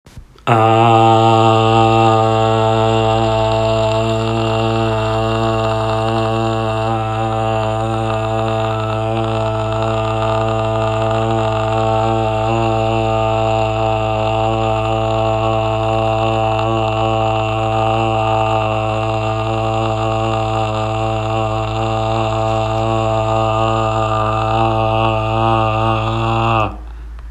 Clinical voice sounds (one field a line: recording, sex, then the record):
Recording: sustained vowel /a/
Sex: male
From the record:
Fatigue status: no fatigue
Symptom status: symptomatic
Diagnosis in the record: COVID-19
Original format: m4a